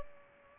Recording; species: mosquito wingbeat signal from an infrared sensor; Culex pipiens